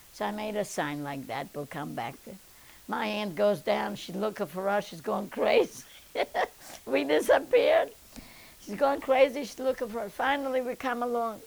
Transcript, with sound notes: So I made a sign like that, we'll come back. My aunt goes down, she's looking for us. She's going crazy. ( she laughs ) We disappeared, she's going crazy, she's looking for us. Finally we come along.